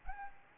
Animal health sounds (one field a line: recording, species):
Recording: mosquito wingbeat signal from an infrared sensor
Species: Aedes albopictus